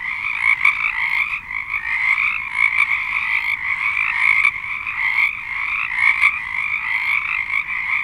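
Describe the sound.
Many frogs croaking at once, a steady high rattling chorus with brief louder clicks scattered through it.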